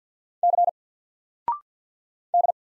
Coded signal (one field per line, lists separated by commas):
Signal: Morse code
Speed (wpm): 48 wpm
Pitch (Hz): 700 Hz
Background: none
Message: C D